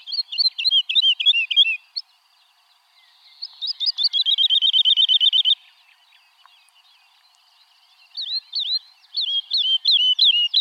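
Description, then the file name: Woodlark singing repeated phrases: a rippling descending series, then a fast, even trill of mellow notes, a pause, and further looping liquid notes. "Alouette lulu"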